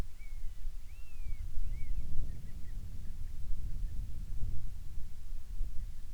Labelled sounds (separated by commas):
bird, wind